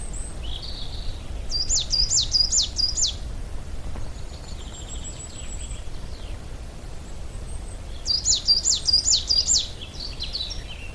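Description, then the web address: Coal tit singing high, quick repeated double notes in two bursts several seconds apart, over a low background hum. "vogelstimmen tannenmeise gesang nabu lars lachmann"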